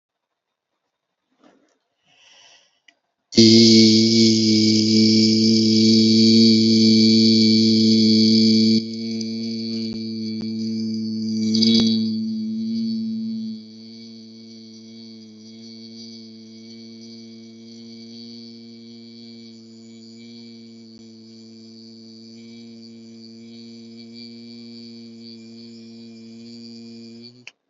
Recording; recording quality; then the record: sustained vowel as in beet; excellent, no background noise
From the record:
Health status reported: healthy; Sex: male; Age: 40 years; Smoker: yes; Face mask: not worn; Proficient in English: yes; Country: India